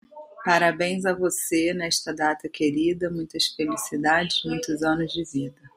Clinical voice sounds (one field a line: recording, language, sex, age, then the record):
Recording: short text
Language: Brazilian Portuguese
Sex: female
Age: 30 to 39 years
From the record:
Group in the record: control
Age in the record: 38 years